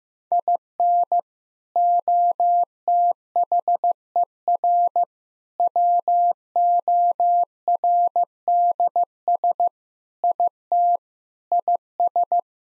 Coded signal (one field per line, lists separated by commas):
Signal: Morse code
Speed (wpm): 15 wpm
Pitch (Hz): 700 Hz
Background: none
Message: IN OTHER WORDS IT IS